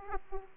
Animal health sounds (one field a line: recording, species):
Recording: mosquito wingbeat signal from an infrared sensor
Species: Aedes aegypti